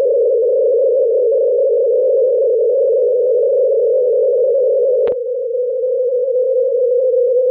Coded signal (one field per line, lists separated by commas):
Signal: unidentified radio signal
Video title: Longwave VLF Signal of U.S. Navy Transmitter - NML from La Moure, North Dakota USA @ 25.2 kHz CW FSK